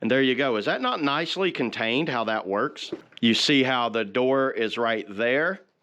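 Someone talks while handling the plastic dustbin door flap on a robot vacuum, and the speech fills the whole clip with no distinct click or snap. The flap has not yet locked into place, and nothing has seated or clicked yet.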